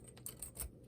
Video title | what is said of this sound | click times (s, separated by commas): Conrad Komatsu WA250PT Wheel Loader | they are adjustable and these just hook on like the bucket and they pop it into place if I can do it right | 0.3 s